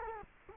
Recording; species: mosquito wingbeat signal from an infrared sensor; Culex quinquefasciatus